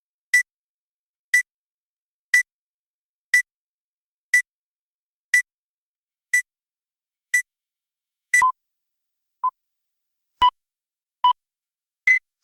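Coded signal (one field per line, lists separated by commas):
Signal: beep code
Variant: CNC machine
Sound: repeated short electronic beeps about once a second, later some lower-pitched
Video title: Cnc Cycle Complete Beep Sound Effect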